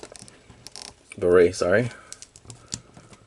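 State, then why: Seated. A small plastic beret accessory is pushed onto an action figure's sculpted hair, and it snaps into place and stays put. Soft plastic clicks and handling sounds are heard throughout, with someone talking briefly in the middle, and the loudest sharp click at 2.7 s marks the beret seating.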